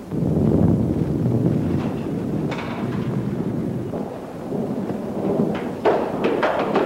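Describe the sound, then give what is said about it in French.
A thunderstorm roars with wind, a continuous heavy low rumble broken by sharp crackling bursts of thunder toward the end, loud throughout with no voices. “Un seigneur égaré, surpris par l'orage, demande l'hospitalité pour la nuit.”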